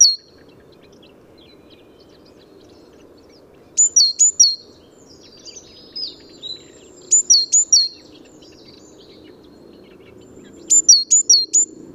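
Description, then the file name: Great tit repeating short bursts of sharp, high paired notes that drop in pitch, with a few fainter notes between phrases. "Parus major"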